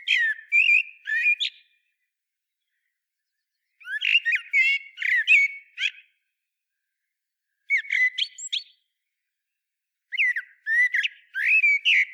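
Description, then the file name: Common blackbird uttering four bursts of rapid squeaky, slurred notes, spaced a few seconds apart with quiet in between. "Turdus merula"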